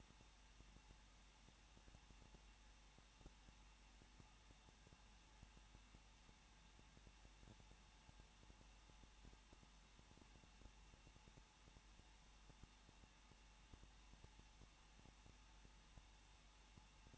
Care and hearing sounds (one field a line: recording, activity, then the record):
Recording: daily activity, microphone in the room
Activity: no activity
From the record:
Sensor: 1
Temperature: 20.1 degrees Celsius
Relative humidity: 39.1%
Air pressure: 1006.5 hPa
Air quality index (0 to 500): 217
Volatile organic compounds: 73 ppm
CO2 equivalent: 3547 ppm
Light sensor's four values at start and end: 1/2/1/1 and 1/2/1/1